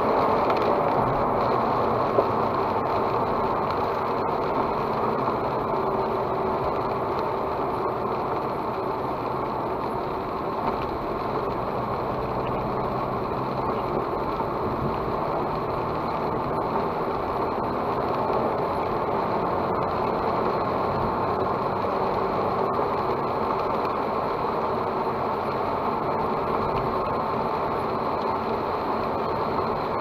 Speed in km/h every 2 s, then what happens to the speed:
83, 78, 71, 66, 62, 58, 60, 62, 63, 70, 74, 77, 79, 77, 74.
0-10 slows to 58. 10-23 speeds up to 79. 23-30 steady at about 77.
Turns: none.